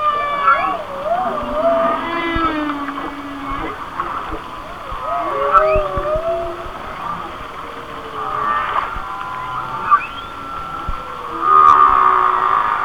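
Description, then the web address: Whale song: undulating warbled tones, then buzzy pulsed bursts and long sliding moans, ending in a shrill squeal. "Natures Songs Whale Songs Whale Songs- Mike Mc Donald"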